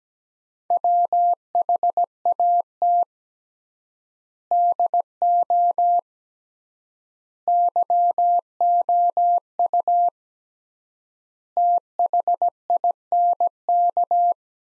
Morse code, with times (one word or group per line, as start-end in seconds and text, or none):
0.7-3.0 WHAT
4.5-6.0 DO
7.5-10.1 YOU
11.6-14.3 THINK